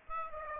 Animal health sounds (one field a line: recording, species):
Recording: mosquito wingbeat signal from an infrared sensor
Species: Aedes aegypti